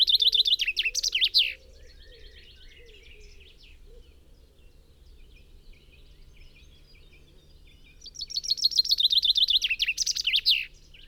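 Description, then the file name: Common chaffinch singing: the tail of one phrase at the start, a pause of several seconds, then a full cascading trill with a flourish near the end. "Fringilla coelebs"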